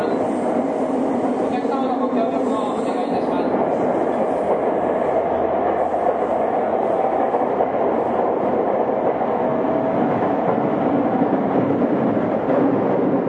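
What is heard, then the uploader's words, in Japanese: Steady, dense rumble inside a moving commuter train, with low wheel and motor noise, faint voices early on, and no distinct stops. 東京臨海高速鉄道70-000形 新宿〜新木場。JR埼京線→りんかい線の区間で録音。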